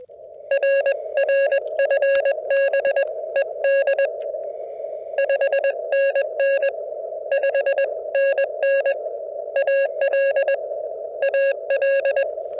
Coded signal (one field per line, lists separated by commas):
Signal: Morse code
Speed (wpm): 21 wpm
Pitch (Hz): 550 Hz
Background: none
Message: RR FB ED 5NN 5NN AL AL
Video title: Parks on the Air in CW. Practice with W4EMB